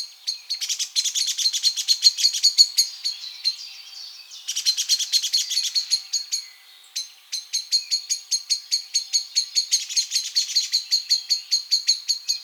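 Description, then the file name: Eurasian blackbird calls, sharp clicking notes in fast runs broken by brief pauses, with softer chirps behind. "Turdus merula"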